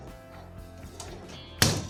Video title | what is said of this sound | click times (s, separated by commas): เทคนิควิธีการติดตั้งหลอดดาวไลท์บนเพดาน และวิธีการถอดซ่อมแก้ไขโคมดาวน์ไลท์ | เข้าล็อคไป1อันแล้วนะครับใช้มือกดนะครับกดดัน | 1.6 s